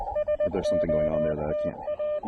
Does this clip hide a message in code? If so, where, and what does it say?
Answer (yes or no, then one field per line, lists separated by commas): yes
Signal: Morse code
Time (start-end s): 0.2-2.2 s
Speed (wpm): 20 wpm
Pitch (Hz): 600 Hz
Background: none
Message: SOTA